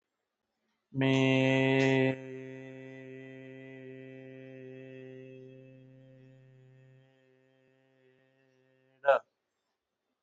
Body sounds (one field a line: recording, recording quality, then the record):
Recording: sustained vowel as in made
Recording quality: excellent, no background noise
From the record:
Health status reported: healthy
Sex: male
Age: 43 years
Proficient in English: yes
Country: India